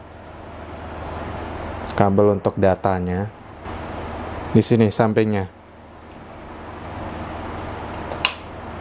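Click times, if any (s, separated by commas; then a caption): 8.2 s. A SATA data cable is pushed into the port on the side of a hard drive mounted in a CCTV DVR while someone talks over a steady background hum. A sharp click sounds at 8.3 s as the cable seats, and it is fitted neatly in place.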